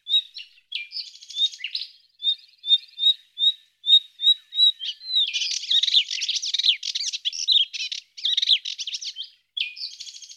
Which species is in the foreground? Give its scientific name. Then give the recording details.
Hippolais polyglotta. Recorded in the wild. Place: St. Laurent des Arbres und Umgebung, FR. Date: 2010-05-24. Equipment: MiniDisc Sharp MT 20 H. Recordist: Schwarz, Dieter